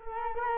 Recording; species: mosquito wingbeat signal from an infrared sensor; Culex quinquefasciatus